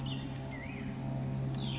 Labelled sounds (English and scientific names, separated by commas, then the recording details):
Black-headed Grosbeak (Pheucticus melanocephalus)
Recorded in Sonoma County, California